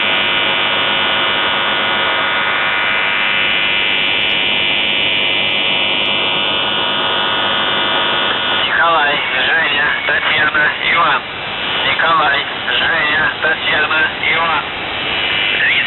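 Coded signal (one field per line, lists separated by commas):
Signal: numbers station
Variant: UVB-76, Russian voice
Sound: steady droning buzz tone, then a male voice reading a short spoken message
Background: radio static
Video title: The Buzzer/UVB-76(4625Khz) May 25th, 2023 09:27UTC Voice message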